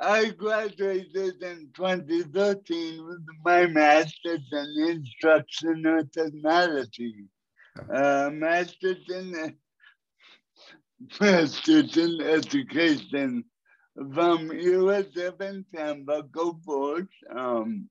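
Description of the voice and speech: Slow, effortful speech from an adult man with cerebral palsy, with long pauses, a restarted phrase and blurred consonants: dysarthria from cerebral palsy.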